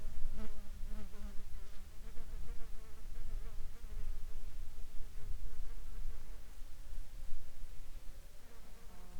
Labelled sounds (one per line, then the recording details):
insects
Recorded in the Arctic National Wildlife Refuge, Alaska, on 19 July 2021 at 16:33
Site 42